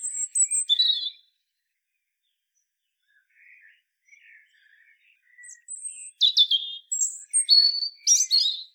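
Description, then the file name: European robin song, a high thin phrase, a pause with quiet low twitters, then a rapid run of varied high whistles and sharp trilled notes. "Erithacus rubecula"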